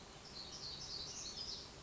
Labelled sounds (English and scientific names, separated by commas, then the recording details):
Black-throated Gray Warbler (Setophaga nigrescens)
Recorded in Sonoma County, California